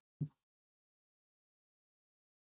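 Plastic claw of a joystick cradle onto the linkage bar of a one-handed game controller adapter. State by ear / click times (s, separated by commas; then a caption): not seated / none. The plastic claw of a joystick cradle on a version 2 one-handed Xbox Series controller adapter is lined up with the top hat at its top, ready to go onto the linkage bar. A brief, soft, low handling bump sounds around 0.2 to 0.3 seconds, followed by silence. Nothing has seated or clicked yet.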